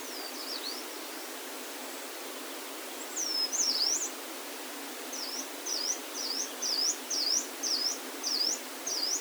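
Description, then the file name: Yellow-browed warbler calling, high thin V-shaped notes repeated about every half second in the second half, over steady background hiss. Voice, recorded at Norikura on 23 June 2021. "kimayumushikui norikura ijima"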